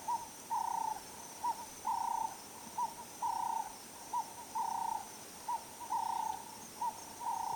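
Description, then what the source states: Dove cooing in a steady pattern, a short note followed by a longer, level hooting note, the pair repeated about every one and a half seconds over a soft hiss. Recorded at Elephant Plains.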